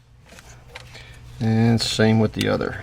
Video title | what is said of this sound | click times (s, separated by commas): Replacing Leaky Valve Cover Gaskets On A 1997 Defender 90 | that up until you hear your click | 0.8 s